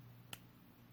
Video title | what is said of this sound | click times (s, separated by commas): Legends Warpath - ArcNeo Reviews | it's actually weird this one actually has that little click to it the other one does not but | 0.3 s